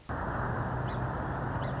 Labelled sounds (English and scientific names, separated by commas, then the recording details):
Song Sparrow (Melospiza melodia)
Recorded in Sonoma County, California